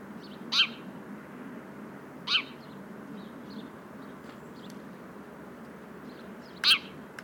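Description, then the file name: House sparrow chirping: three abrupt, bright chirps, two close together and a third after a longer pause, over a steady low background hum. "Passer domesticus"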